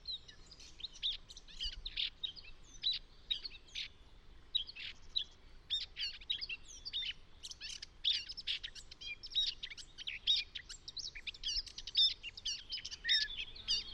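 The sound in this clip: Eurasian Blackcap song, rapid bursts of scratchy warbling notes in quick succession, with quiet low background noise.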